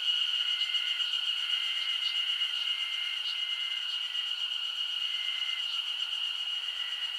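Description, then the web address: Insects producing a ceaseless shrill ringing and low hum, punctuated by several short trilled notes. Summer insect ambience recorded in Japan. "Sound Effects-Foundation 1 AMBIENCE JAPANESE SUMMER INSECTS 01"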